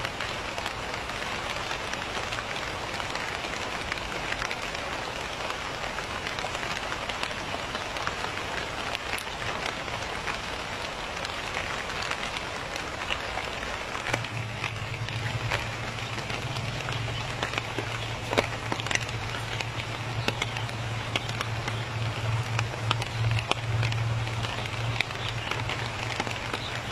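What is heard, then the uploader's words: Light rain patters steadily by a pond in the evening, a dense, even hiss of fine drops with scattered sharper taps throughout. From about fourteen seconds a low, steady hum joins in the background, like an engine or machine, and continues to the end. The light rain in the evening by the lotus pond.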